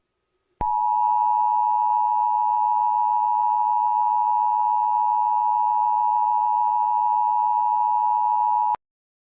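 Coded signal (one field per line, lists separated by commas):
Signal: Emergency Alert System (SAME) tones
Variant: 853 and 960 Hz attention tone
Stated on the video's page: Fictional EAS scenario about an eclipse.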